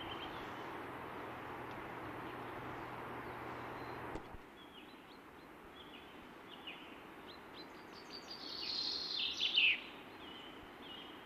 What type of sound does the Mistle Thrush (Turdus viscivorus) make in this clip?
song